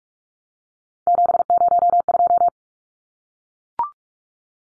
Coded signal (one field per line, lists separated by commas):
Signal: Morse code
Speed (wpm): 44 wpm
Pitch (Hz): 700 Hz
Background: none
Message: 702